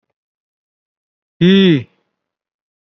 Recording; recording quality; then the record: sustained vowel as in beet; excellent, no background noise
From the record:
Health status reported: COVID-19 positive, mild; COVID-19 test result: positive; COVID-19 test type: RT-PCR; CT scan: not taken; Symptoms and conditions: cough, muscle pain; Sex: male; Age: 52 years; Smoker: no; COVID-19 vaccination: none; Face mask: worn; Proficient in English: no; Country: India